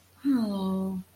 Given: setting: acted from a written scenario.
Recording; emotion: vocal sound without words; disappointment